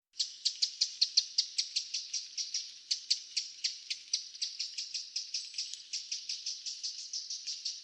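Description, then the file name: Eurasian wren calls: a steady fast series of dry ticking notes continuing throughout, with no other sounds. "Troglodytes troglodytes"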